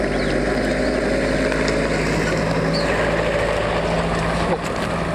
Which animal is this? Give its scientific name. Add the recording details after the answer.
Lamprotornis superbus. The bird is a female. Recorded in Kenya on 12 June 2010. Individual 53, of group MRC1